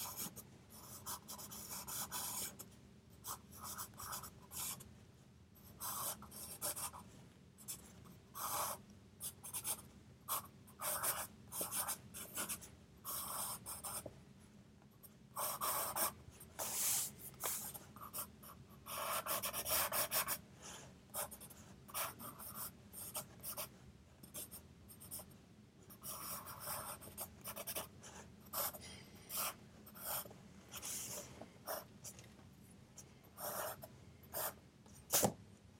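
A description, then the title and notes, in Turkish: A pencil scratches across paper in quick, irregular bursts of writing, with short pauses between strokes and words. A steady hiss of white noise and low background hum runs underneath throughout, and a sharper tap lands near the end. Sessiz odada 25 dakika boyunca kurşun kalem ile ders çalışma; ortam sesleri, beyaz gürültü alt yapısı, kurşun kalem.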